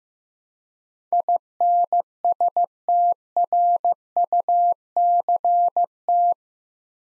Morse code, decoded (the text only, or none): INSTRUCT